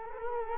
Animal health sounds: mosquito wingbeat signal from an infrared sensor; Culex quinquefasciatus

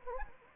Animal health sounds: mosquito wingbeat signal from an infrared sensor; Anopheles gambiae

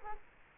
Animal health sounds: mosquito wingbeat signal from an infrared sensor; Culex quinquefasciatus

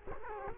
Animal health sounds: mosquito wingbeat signal from an infrared sensor; Culex quinquefasciatus

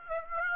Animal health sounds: mosquito wingbeat signal from an infrared sensor; Aedes aegypti

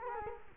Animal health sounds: mosquito wingbeat signal from an infrared sensor; Culex quinquefasciatus

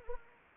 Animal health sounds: mosquito wingbeat signal from an infrared sensor; Anopheles arabiensis

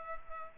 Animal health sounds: mosquito wingbeat signal from an infrared sensor; Culex pipiens

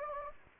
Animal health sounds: mosquito wingbeat signal from an infrared sensor; Anopheles gambiae

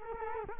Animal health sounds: mosquito wingbeat signal from an infrared sensor; Culex quinquefasciatus

